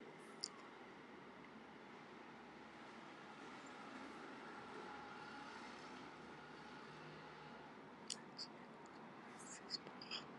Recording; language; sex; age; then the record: short text; Brazilian Portuguese; female; 70 to 79 years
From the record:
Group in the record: control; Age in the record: 73 years